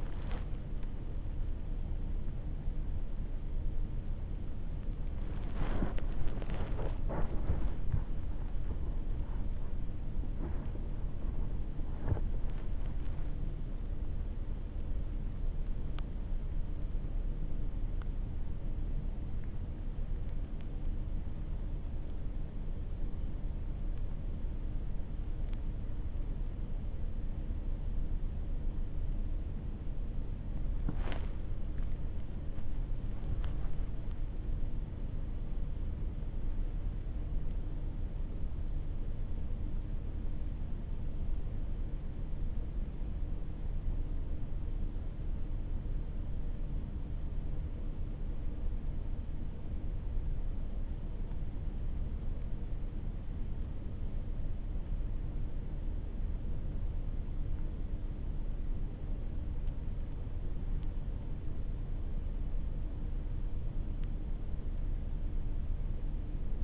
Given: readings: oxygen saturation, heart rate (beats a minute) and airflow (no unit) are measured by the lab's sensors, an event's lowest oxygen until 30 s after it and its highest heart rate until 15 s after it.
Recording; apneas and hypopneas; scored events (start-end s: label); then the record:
a person awake in a sleep study, by a smartphone at the bedside; 1
0.00-35.00 s: awake
15.00-55.90 s: hypopnea (scored as awake, oxygen 96% highest, then 94% lowest)
35.00-66.64 s: new sleep stage, N1 (lightest sleep)
From the record:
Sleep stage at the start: awake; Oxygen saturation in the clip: 94 to 97%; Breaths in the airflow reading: 13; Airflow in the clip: -7.0 to 9.0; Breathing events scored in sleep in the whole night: 304 in 5.6 hours asleep